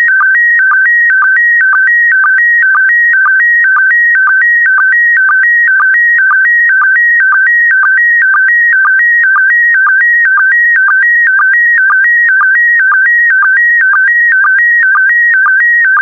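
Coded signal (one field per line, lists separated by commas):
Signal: SSTV (slow-scan television)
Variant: PD120 mode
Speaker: complete you can now check your decoded image against the picture that is shown on the video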